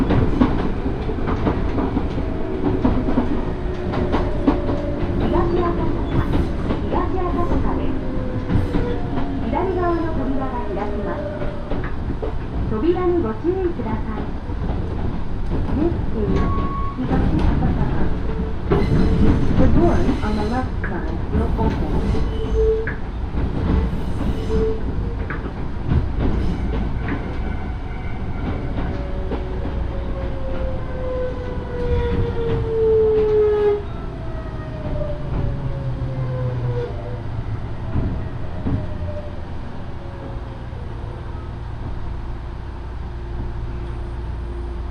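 A Yoro Railway train rumbles steadily along, with low droning, clattering wheels, rising and falling whines, and faint voices mid-ride.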